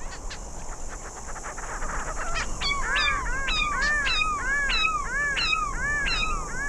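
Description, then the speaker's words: Grey-crowned Babbler calls: repeated arched notes, about three per second, over steady background hiss and a high drone. Recorded in mountain ranges in the middle of the Australian desert. "That's an interesting bird call, isn't it? It's the sound of the grey-crowned babbler."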